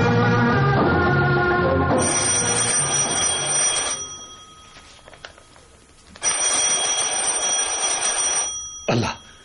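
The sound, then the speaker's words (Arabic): An electric doorbell rings in long, loud, continuous bursts, a shrill steady buzz that stops, pauses briefly, then rings again with a short final burst; no one speaks. “ما تفتحش الباب ليه؟ يمكن سامع الجرس ولا نايمة.”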